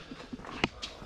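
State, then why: Torque reached. A click-type torque wrench tightens a lug nut on a 1967 Mustang's wheel in a star pattern. After faint handling noises, the wrench gives one sharp, bright click at 0.6 s as it reaches its set torque, followed by a softer tick.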